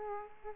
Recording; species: mosquito wingbeat signal from an infrared sensor; Aedes aegypti